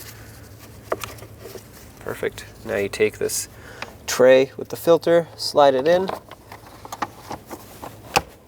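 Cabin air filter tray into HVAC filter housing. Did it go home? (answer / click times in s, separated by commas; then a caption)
yes / 8.2 s. Someone talks while the plastic cabin air filter tray holding a new filter is slid into the filter housing behind the glove box of a 2003-2009 Toyota 4Runner, with a few light knocks and rustles. The tray is pushed in until a sharp latch click at 8.2 s, and it is seated.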